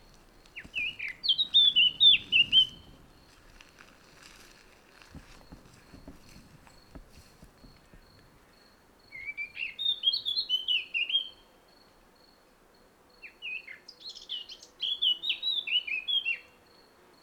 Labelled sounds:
Eurasian Blackcap song
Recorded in the wild
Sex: male
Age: adult
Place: Tiuccia, Corsica, FR
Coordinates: 42.0703, 8.73083
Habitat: macchia
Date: 2011-07-23
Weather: sunny, 15°C, weak winds
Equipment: Fostex FR2-LE, Sennheiser ME66, Popschutz
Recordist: Frommolt, Karl-Heinz

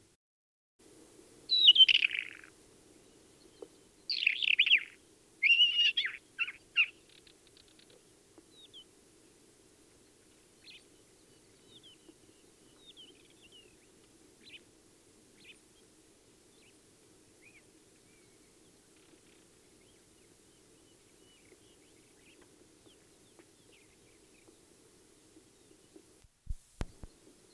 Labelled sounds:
Isabelline Shrike
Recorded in the wild
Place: Wüste Gobi, MN
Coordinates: 42.94, 105.082
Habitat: Desert
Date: 1979-06-02 04:55
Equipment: Nagra III BH, Sennheiser MD 21, parabola
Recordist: Schubert, Michael

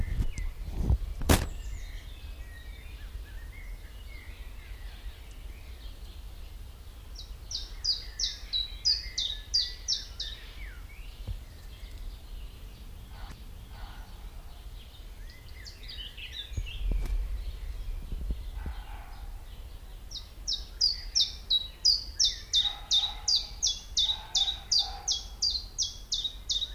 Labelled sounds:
Common Chiffchaff song
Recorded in the wild
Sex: male
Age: adult
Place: Lübars (Fließtal), Berlin, DE
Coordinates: 52.6175, 13.3625
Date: 1998-05-10 19:00
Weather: fair, 25°C
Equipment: Sony MD-WM MZ-R3, Sennheiser MKH 416 T, Kopie Uher 4000 Report Monitor
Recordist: Tembrock, Günter

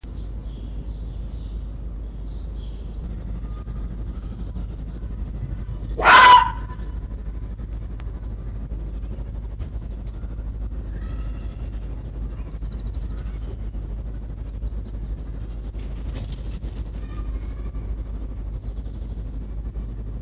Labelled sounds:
Arctic Fox barking
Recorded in captivity
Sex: male
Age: adult
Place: Zoologisches Institut der HUB, Berlin, DE
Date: 1957-04-06 15:30
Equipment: Elmetra
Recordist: Tembrock, Günter

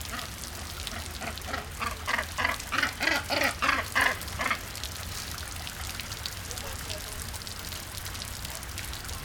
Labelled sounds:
King Penguin call
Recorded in captivity
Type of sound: call sequence
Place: Tiergarten Wilhelma/Stuttgart, Baden-Württemberg, DE
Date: 1996-09-18 15:26
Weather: bedeckt, 14°C, teils böiger Wind
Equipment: Sony MD-WM MZ-R3, Sennheiser ME 80, Kopie Uher 4000 Report Monitor
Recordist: Tembrock, Günter
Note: Lautfolgen, zwischen der Basstölpel-Aufnahme

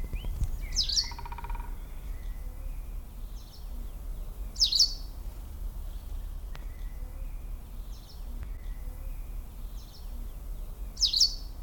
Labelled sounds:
White Wagtail call
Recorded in the wild
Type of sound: call
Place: Lanke, Brandenburg, DE
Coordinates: 52.76, 13.54
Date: 1995-04-30 18:15
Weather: heiter 14-15°C
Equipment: Marantz CP 430, Sennheiser ME 80, Kopie Uher 4000 Report Monitor
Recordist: Tembrock, Günter
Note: 3 Rufe vor Abflug

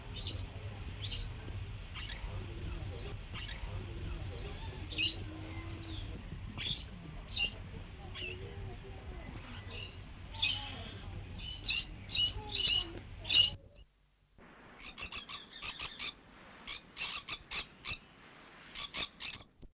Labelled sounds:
Green-cheeked Parakeet call
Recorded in captivity
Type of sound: call
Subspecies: molinae
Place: Vogelpark Walsrode, Niedersachsen, DE
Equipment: Halbspur, 9,5 cm/s
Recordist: Lütgens, Hans
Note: Rufe

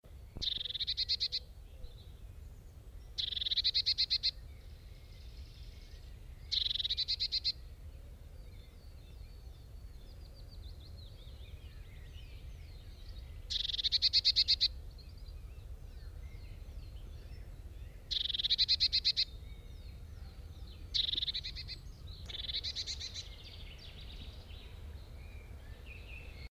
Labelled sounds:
Eurasian Blue Tit call
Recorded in the wild
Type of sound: call
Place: Monheim am Rhein, Nordrhein-Westfalen, DE
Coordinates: 51.09, 6.89
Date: 1995-04-22
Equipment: Sony WM-D6C
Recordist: Skiba, Reinald
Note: Monheim: warnend

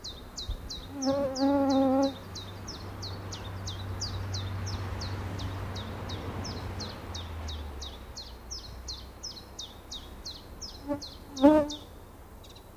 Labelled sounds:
Common Chiffchaff song
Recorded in the wild
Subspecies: abietinus
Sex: male
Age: adult
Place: Ånge, Medelpad, Västernorrlands län, SE
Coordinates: 62.5333, 15.7167
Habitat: spruce
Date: 1971-07-12
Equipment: Nagra SN, AKG CK 5, 9 cm/s, Kopie Nagra III PH
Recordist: Schneider, Hans-Joachim
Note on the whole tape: Östlich Ånge und bei Erikslund im Flußtal des Ljungan, Nordschweden. Phylloscopus collybita abietinus. 1.Männchen: Gewöhnliche Gesänge mit längeren Zwischenlauten. 2.Männchen: Gewöhnliche Gesänge. 3. Männchen: Gewöhnliche Gesänge, gute Zwischenlaute. (Beste Aufnahme!). 4.Männchen: Gewöhnliche Gesänge mit interessanten Zwischenlauten. Kopie von SN4/ 1. Aufnahme überspielt am 20.07.1971. (Rest dieser Aufnahme siehe N876/II/abiet.7.) Sonagramm

